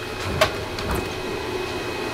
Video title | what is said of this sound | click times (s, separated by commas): Bordur Coach: Episode 12: Getting buses ready for NASCAR! | but yeah, it'll lock into place, turn out pretty good. | 0.4 s